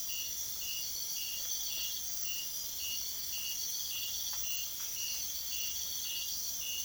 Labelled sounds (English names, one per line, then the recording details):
none
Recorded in secondary vegetation near Puerto Asís, Putumayo, Colombia, on 22 June 2025 at 02:30
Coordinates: 0.500, -76.326
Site GP08